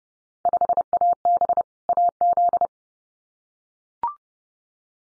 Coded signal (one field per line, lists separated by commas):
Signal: Morse code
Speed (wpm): 30 wpm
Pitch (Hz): 700 Hz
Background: none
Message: 5AB AZ